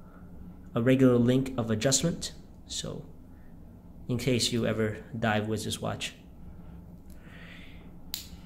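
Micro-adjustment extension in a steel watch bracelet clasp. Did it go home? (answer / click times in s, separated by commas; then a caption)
yes / 8.1 s. A man talks about the micro-adjustment extension in the steel clasp of a Parnis Daytona Ceramic watch bracelet, a Rolex Daytona 116500LN homage, used for diving. He then pushes the steel clasp extension back into place, and a sharp click is heard at 8.1 seconds as it seats.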